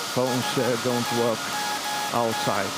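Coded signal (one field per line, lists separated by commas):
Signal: Morse code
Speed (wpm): 15 wpm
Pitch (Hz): 840 Hz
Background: speech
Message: SAQ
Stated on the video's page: SAQ Alexanderson alternator from 1924, a pre-electronic VLF transmitter at Grimeton, Sweden, sending an anniversary message on UN Day, live.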